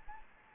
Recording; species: mosquito wingbeat signal from an infrared sensor; Anopheles gambiae